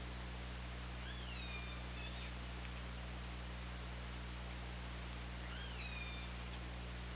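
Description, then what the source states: Killer whale pulsed calls, two clear harmonic calls about five seconds apart, each curving down and then levelling off, heard against continuous hiss and a low steady hum. OrcaLab recording made 24 August 2017 at 19:28.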